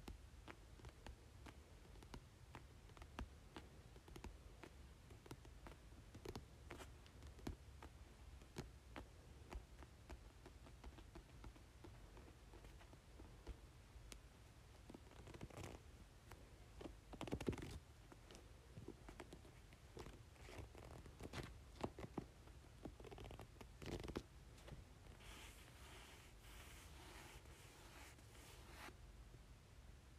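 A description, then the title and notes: Book pages are handled and turned, giving a steady run of soft rustles and crisp paper ticks over a low, constant rumble. Louder flicks and brushes stand out around 15, 17 and 24 seconds, and near the end a denser, airy shuffling fills in. ASMR Book Pages.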